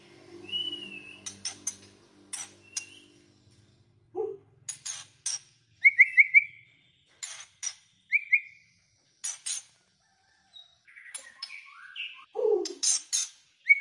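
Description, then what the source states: White-rumped shama song, quiet and broken: sharp clicks alternate with short whistled and trilled phrases, separated by brief pauses. Lure recording of a vigorously singing (gacor) white-rumped shama, used to make other shamas respond and sing straight away.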